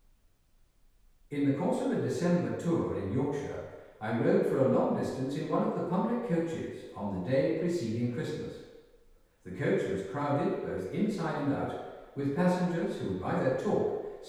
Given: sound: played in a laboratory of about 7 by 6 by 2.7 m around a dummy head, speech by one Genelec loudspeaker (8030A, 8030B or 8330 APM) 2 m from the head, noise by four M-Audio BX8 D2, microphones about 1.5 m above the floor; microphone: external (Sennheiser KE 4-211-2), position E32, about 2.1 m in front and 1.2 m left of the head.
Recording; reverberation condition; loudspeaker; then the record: male speech in English; high; 120 degrees to the right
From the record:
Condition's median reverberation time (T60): about 1300 ms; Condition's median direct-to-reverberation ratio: about -4.0 dB